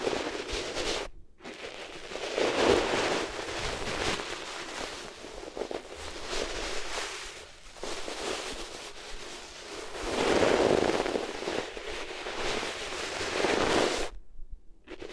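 Materials rubbed against the ears make a dense, scratchy, crackling rush that swells and eases in long strokes, loudest around 2 to 3 and 10 to 11 seconds. Brief silences break it near 1, 7.5 and 14 seconds.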